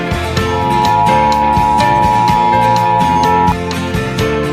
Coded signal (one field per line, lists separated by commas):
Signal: Emergency Alert System (SAME) tones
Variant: 853 and 960 Hz attention tone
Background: music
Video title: Thanksgiving Day Special! EAS Alerts from 11/23-26/2025. (EAS #432- 438)